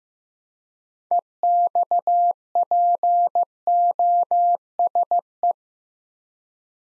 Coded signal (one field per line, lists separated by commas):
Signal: Morse code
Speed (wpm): 15 wpm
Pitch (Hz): 700 Hz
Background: none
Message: EXPOSE